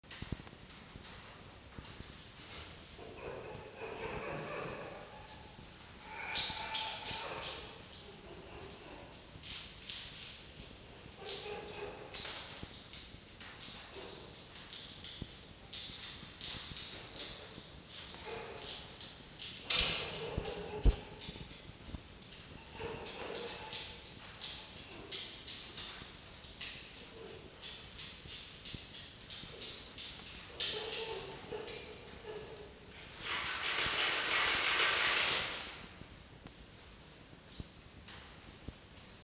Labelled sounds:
Red Fox
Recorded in captivity
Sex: male
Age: adult
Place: Zoologisches Institut der HUB, Berlin, DE
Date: 1953-03-31 18:30
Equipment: Elmetra
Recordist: Tembrock, Günter
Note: Jupp (Fiffi Fleisch zutragend): Muffen mit Fleisch

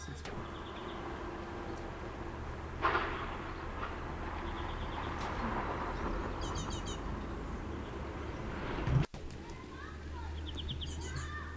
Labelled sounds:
Great Tit song
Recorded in the wild
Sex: pair
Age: adult
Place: Garmisch-Partenkirchen, Bayern, DE
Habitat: urban area
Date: 1968-04-22
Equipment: Nagra, Vollspur
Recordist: Tretzel, Erwin

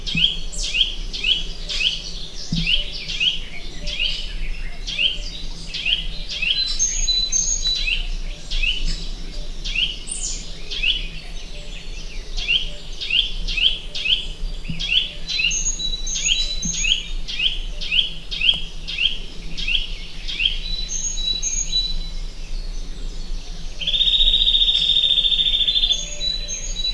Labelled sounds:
Eurasian Nuthatch
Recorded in the wild
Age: adult
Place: Krüseliner Mühle, Feldberger Seenlandschaft, Mecklenburg-Vorpommern, DE
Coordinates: 53.2711, 13.4233
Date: 2000-05-27
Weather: clear, 15°C
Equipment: Sony TCD-D8, Telinga Pro 5
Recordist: Frommolt, Karl-Heinz

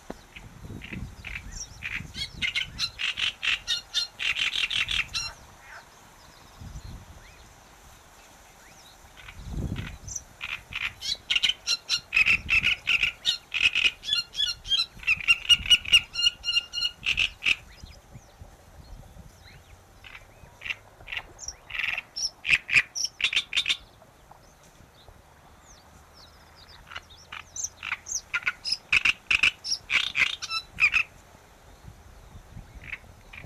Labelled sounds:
Great Reed Warbler song
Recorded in the wild
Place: Anhauser Weiher, DE
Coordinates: 48.8458, 10.6578
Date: 1969-06-22
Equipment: Uher Report 4000, AKG D190
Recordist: Krey, Winfried

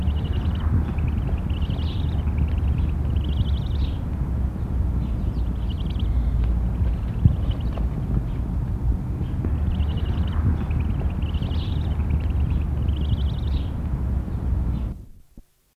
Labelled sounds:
Upland Goose call
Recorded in captivity
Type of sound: call
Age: immature
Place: Zoo Osnabrück, Niedersachsen, DE
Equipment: Halbspur, 9,5 cm/s
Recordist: Lütgens, Hans
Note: Junge

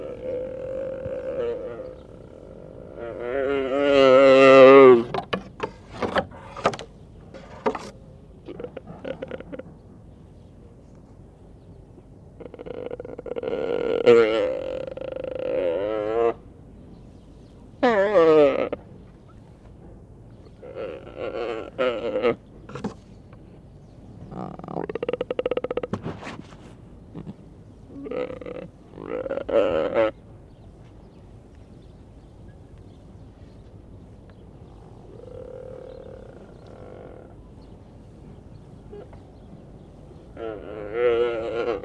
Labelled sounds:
Mule Deer call
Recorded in captivity
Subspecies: hemionus
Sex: male
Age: adult
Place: Tierpark Berlin, Berlin, DE
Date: 1964-11-10 14:00
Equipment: R 21, Vollspur
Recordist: Tembrock, Günter

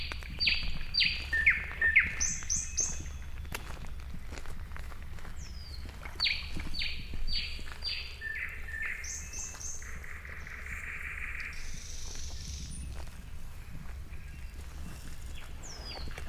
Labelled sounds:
Thrush Nightingale song
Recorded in the wild
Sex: male
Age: adult
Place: Kützerhof, Kummerower See, Mecklenburg-Vorpommern, DE
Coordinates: 53.8481, 12.885
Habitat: alluvial forest
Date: 2008-05-15
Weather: clear night, first quarter moon, 10°C, no wind
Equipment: Sound Devices 702, Sennheiser MKH 70, Windkorb
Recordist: Frommolt, Karl-Heinz

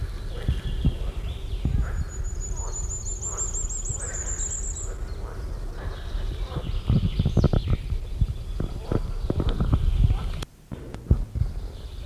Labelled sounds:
Common Firecrest song
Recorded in the wild
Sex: male
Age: adult
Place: Feldberg - Lüttenhagen, Mecklenburgische Seenplatte, Mecklenburg, DE
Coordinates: 53.3333, 13.3833
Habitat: beech forest
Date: 1976-06-23 17:53
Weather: hazy, 22°C
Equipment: Uher CR 210, Sennheiser MD 421 HL, Verstärker, Reflektor, Kopie Uher 4200
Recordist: Tembrock, Günter

